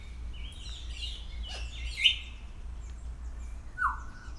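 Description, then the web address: Grey parrot making whistled and warbling notes, with a louder note midway and a falling whistle near the end, against a constant low rumble. Captive bird at a zoo in Szeged, recorded in 2011; calls continuously every day. "szegedizoo. jakopapagaj"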